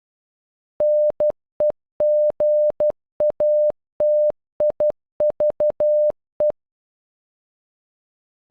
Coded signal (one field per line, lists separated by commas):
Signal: Morse code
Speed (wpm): 12 wpm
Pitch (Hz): 600 Hz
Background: none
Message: NEGATIVE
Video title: Negative in Morse code